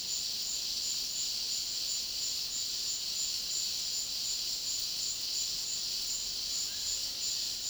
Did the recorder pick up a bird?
no